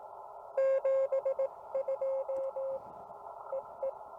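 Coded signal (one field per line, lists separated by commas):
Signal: Morse code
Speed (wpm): 17 wpm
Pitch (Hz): 550 Hz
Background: none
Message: 72 EE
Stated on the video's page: CW copy practice.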